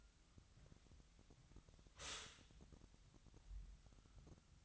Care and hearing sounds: daily activity, microphone in the room; stop toaster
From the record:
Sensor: 3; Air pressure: 1001.9 hPa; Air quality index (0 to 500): 245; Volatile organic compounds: 49 ppm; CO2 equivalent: 3276 ppm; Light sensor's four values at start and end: 13/40/17/15 and 13/40/17/15

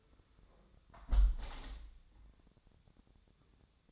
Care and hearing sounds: daily activity, microphone in the room; close window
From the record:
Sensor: 3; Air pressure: 1014.9 hPa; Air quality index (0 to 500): 25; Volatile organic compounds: 1 ppm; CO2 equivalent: 503 ppm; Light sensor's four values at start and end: 10/23/9/9 and 10/22/9/9

